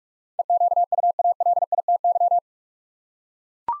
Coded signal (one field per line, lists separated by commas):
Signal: Morse code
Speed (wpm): 42 wpm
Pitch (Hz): 700 Hz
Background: none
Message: EQUALITY